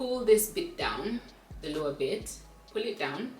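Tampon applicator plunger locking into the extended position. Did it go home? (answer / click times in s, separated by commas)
no / none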